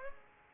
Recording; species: mosquito wingbeat signal from an infrared sensor; Aedes aegypti